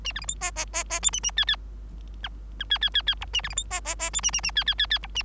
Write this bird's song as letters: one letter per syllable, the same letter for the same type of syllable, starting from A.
A B C D E E E E F A A G G H H G G G G I A B C D E E E F A A A G G G G I A